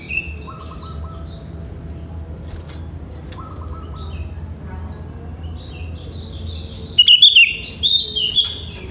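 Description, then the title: Sooty-headed bulbul song: after quiet seconds with faint trills, a loud bubbly chirping phrase bursts in near the end. "Kutilang"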